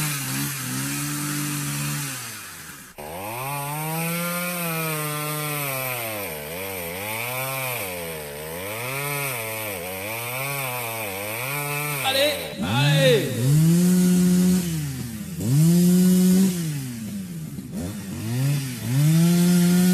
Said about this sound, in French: Celle-là, c'est la pétarade. Là, celle-là, c'est un petit moteur. C'est pas très puissant.